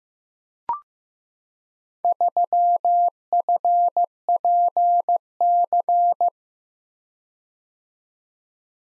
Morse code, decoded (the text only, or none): 3FPC